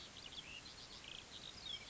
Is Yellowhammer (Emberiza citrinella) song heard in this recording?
no